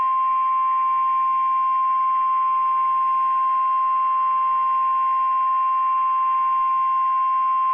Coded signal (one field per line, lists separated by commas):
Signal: Emergency Alert System (SAME) tones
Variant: 1050 Hz attention tone